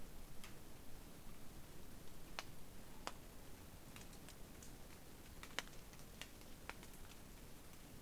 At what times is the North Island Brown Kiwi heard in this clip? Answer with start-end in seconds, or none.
none